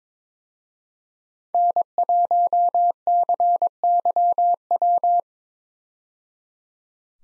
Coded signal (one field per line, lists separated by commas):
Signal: Morse code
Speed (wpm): 22 wpm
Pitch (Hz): 700 Hz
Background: none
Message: N1CYW